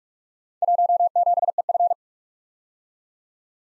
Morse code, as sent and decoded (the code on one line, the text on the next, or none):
.---- --... . ..-.
17EF